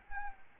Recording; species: mosquito wingbeat signal from an infrared sensor; Anopheles arabiensis